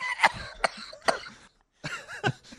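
An adult man with COVID gives about five harsh, hacking cough bursts in two quick runs split by a brief pause. The first run begins as a laugh that breaks into coughing. The cough sounds dry and forceful, like a smoker's cough.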